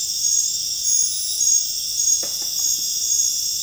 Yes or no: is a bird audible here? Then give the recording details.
no. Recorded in dense forest near Puerto Asís, Putumayo, Colombia, on 26 December 2024 at 21:00. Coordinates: 0.484, -76.325. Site G056